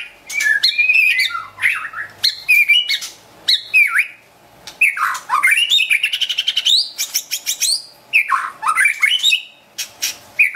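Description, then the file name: White-rumped shama song: rich varied whistled phrases sliding up and down, mixed with sharp clicks and a fast rattling burst, loud with a few brief pauses. Wild bird from the Medan forest, singing actively (gacor). "suara burung murai batu hutan medan gacor"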